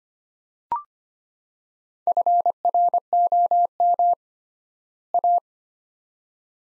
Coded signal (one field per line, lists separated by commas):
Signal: Morse code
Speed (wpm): 25 wpm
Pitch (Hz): 700 Hz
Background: none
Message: FROM A